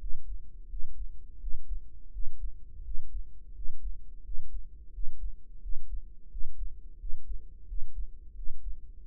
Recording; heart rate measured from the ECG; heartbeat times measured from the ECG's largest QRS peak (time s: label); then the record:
heart sounds by microphone in the right ear; 86 bpm
0.01 s: heartbeat
0.70 s: heartbeat
1.41 s: heartbeat
2.13 s: heartbeat
2.85 s: heartbeat
3.56 s: heartbeat
4.25 s: heartbeat
4.94 s: heartbeat
5.63 s: heartbeat
6.31 s: heartbeat
7.00 s: heartbeat
7.68 s: heartbeat
8.36 s: heartbeat
9.05 s: heartbeat
From the record:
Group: healthy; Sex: male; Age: 21 years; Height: 175 cm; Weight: 72.6 kg